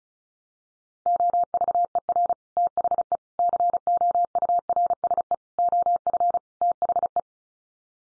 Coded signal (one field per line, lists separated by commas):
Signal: Morse code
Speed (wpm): 34 wpm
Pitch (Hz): 700 Hz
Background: none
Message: OVER THE COURSE OF THE